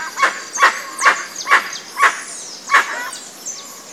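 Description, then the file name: Dusky-legged guan producing a quick run of six loud, yelping barks about two per second, with faint high bird calls in the background. Recorded in Itatiaia National Park, Rio de Janeiro state, Brazil. "Penelope-obscura-PNItatiaia RJ-BR. ASilveira"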